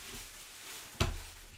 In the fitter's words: locks into place there quite